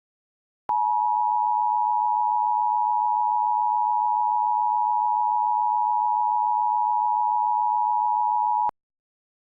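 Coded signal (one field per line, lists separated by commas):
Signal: Emergency Alert System (SAME) tones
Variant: 853 and 960 Hz attention tone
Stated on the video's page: Mock West Virginia Required Monthly Test, simulated.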